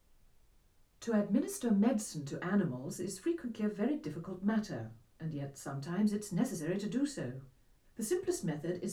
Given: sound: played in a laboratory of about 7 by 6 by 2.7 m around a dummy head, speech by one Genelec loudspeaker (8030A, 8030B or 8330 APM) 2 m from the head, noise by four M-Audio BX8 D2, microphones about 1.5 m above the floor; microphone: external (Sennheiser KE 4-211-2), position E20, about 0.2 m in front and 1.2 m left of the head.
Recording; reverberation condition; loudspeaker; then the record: female speech in English; low; 90 degrees to the right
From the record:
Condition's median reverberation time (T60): about 310 ms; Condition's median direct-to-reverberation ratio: about 3.5 dB